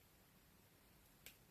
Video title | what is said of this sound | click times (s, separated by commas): Magnetic Earrings DIY - Easy to Change, No Sore Ears, Accessible | I don't know if you heard that click. | 1.3 s